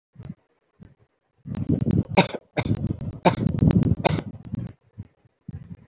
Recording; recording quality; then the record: shallow voluntary cough; moderate, slight background noise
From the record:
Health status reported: healthy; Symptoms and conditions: none ticked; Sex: male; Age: 39 years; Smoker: not ticked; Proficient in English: yes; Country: India